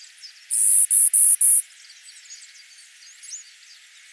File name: Spizella pallida - Clay-colored Sparrow